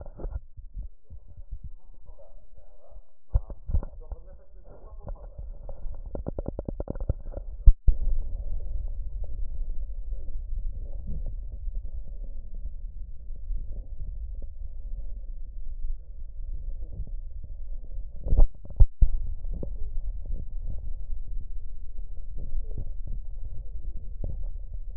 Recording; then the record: lung sounds by stethoscope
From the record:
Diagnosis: emphysema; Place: left posterior upper chest